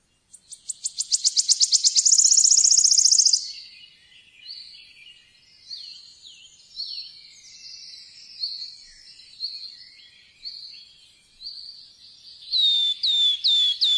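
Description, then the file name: Wood warbler song opening with an accelerating metallic trill, then quieter varied chirps, ending with four loud descending piping notes. "boeksanger"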